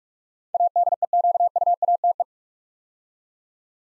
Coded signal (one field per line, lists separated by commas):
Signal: Morse code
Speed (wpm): 44 wpm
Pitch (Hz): 700 Hz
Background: none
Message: ADEQUATE